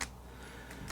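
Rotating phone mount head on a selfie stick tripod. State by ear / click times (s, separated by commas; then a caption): seated / 0.0 s. The plastic phone-mount head on a Blitzwolf BW-BS5 selfie stick/tripod is twisted until it snaps into a detent position, with a sharp click at 0.0 s. Two fainter ticks follow at about 0.7 s and 0.9 s over a low steady hum. The head is seated in position.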